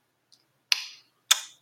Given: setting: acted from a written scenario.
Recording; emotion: vocal sound without words; contempt